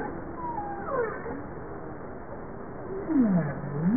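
Bowhead whale calls: faint sliding tones early on, then a clearer low U-shaped moan that drops and rises again near the end, over background hiss.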